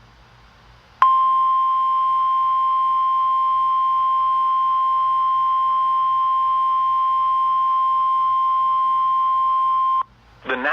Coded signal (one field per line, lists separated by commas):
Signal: Emergency Alert System (SAME) tones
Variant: 1050 Hz attention tone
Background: speech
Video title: EAS 1457 (Severe Thunderstorm Warning #22) 7/21/18